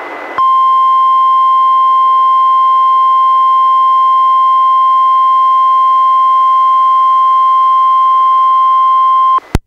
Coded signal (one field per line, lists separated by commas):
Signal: Emergency Alert System (SAME) tones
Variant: 1050 Hz attention tone